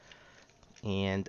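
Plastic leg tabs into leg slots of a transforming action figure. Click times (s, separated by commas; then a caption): 0.1 s. Two plastic tabs on the legs of a Transformers Legacy United Voyager Class Cybertron Universe Vector Prime action figure are pushed down into slots on the inner legs. A sharp snap at 0.1 s seats them together, followed by a few faint ticks. Near the end someone talks.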